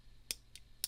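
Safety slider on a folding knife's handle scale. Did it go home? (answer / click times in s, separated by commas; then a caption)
yes / 0.3 s, 0.8 s. The scale-mounted safety slider on a folding automatic knife with a clear hard-anodized aluminum handle is moved between positions. It gives sharp, bright clicks at 0.3 s and 0.8 s, with a softer tick at 0.6 s in between. The slider clicks positively into position each time.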